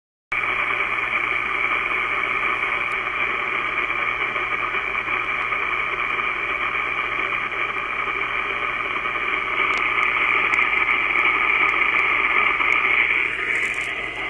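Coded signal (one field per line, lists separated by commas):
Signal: HF data modem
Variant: PACTOR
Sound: steady dense rushing digital hiss with faint buzzy tones, no gaps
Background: radio static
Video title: Pactor is a pain in the rear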